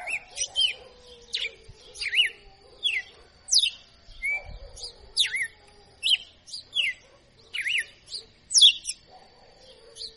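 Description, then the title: Red-cowled cardinal song: a steady run of many loud whistled phrases with sharp up-and-down sweeps, with a faint lower note behind. Female bird; described as a tutor singer in the açoitando song style. "Canto Galo Campina Fêmea. Galo de Campina Professor Açoitando"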